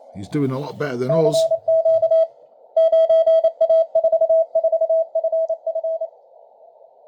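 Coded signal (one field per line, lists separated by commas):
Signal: Morse code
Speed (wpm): 29 wpm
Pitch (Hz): 660 Hz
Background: speech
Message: CQ 9A44FF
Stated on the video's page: Received on a Malahit DSP2 and Tecsun S2200-x with an end-fed antenna and internal loop.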